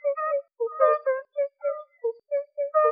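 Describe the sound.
Fire-bellied toad calls: short, soft, tonal hoots in quick succession, about three to four a second, some notes overlapping, with no other sounds.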